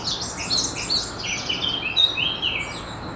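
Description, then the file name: Eurasian blackcap singing a dense, continuous warble of high scratchy and whistled notes throughout, with a soft background hiss. "Sylvia atricapilla"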